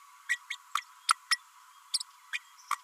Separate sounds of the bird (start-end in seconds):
0.29-0.38, 0.50-0.56, 0.75-0.82, 1.08-1.15, 1.31-1.38, 1.94-1.98, 2.33-2.39, 2.71-2.75